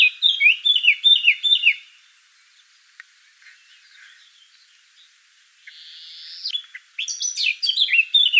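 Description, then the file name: Eurasian blackcap song, a quick scratchy-fluty warble that stops, followed by a quiet stretch with a soft rising note before bright whistled phrases resume. "Sylvia atricapilla"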